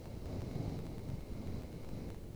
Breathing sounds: one breath near a microphone; exhalation

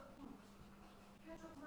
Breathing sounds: one breath near a microphone; inhalation

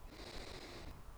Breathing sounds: one breath near a microphone; inhalation

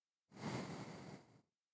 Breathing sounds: one breath near a microphone; exhalation

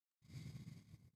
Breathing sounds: one breath near a microphone; exhalation

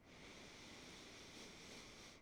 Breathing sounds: one breath near a microphone; inhalation

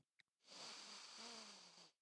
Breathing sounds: one breath near a microphone; inhalation

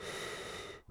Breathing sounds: one breath near a microphone; inhalation

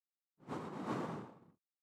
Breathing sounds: one breath near a microphone; exhalation

